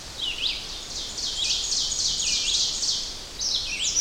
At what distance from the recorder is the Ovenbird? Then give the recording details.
about 30 m. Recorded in boreal forest in Alberta, Canada, on 10 June 2016 at 06:56. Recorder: SongMeter 3, array SBT-3-39. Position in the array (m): 196 m, 89 m. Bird 17